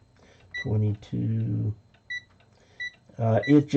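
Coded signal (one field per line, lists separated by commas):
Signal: none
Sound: weather station button beeps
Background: speech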